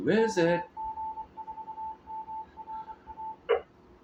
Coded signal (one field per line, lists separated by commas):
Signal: Morse code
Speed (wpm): 25 wpm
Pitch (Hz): 880 Hz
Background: speech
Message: KG4MRA